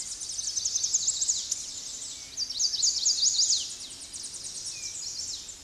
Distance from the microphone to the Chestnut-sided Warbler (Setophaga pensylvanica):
about 15 m